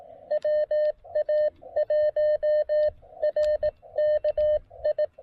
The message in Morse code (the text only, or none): WA1R KI